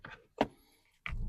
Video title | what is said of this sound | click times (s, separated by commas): Steering Wheel Install on the FR-S! | Listen for that click. | 1.1 s